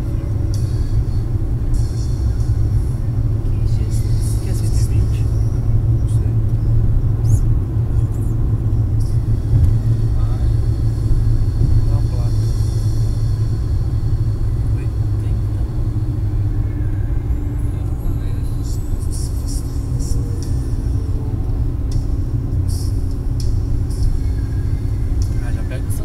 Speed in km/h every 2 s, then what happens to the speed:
93, 94, 95, 95, 95, 95, 93, 88, 82, 79, 78, 78, 77.
0-10 steady at about 95. 10-17 slows to 79. 17-26 steady at about 78.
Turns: none.